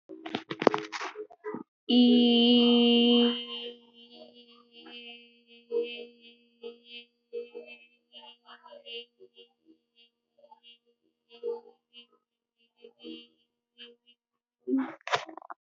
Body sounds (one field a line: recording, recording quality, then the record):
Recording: sustained vowel as in beet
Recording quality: moderate, slight background noise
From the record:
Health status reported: healthy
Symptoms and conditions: none ticked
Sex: female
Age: 21 years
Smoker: not ticked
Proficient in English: yes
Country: India